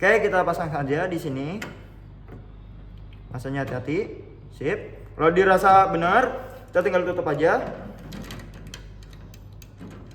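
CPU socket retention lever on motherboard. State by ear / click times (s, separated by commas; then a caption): not seated / none. A processor is handled into a motherboard CPU socket before the metal retention lever and cover are closed, while someone talks. A few faint, brief handling sounds occur between phrases. Nothing has seated or locked yet when the clip ends.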